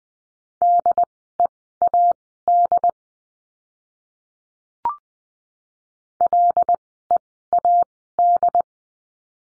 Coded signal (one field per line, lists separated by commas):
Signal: Morse code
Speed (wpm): 20 wpm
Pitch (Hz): 700 Hz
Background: none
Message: DEAD LEAD